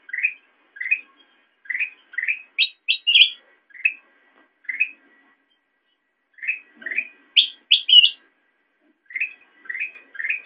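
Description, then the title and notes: Sooty-headed bulbul giving short rising chirps in loose series, broken by two groups of higher, sharper notes and a long quiet gap midway. Recording made for training songbirds by example (masteran). "suara burung kutilang buat masteran"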